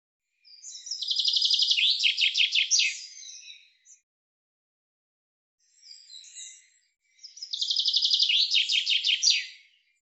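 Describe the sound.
Common chaffinch giving two full song phrases of rapid repeated notes ending in a flourish, with a faint brief sound between them.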